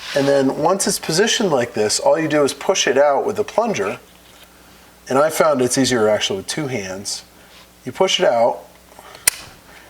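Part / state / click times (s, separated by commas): wrist pin circlip into piston groove / seated / 9.3 s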